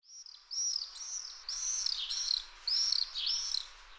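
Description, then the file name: Common swift screams: short shrill arched notes in quick bursts, some dipping lower at the end, with brief gaps between groups. "Falciot Cant"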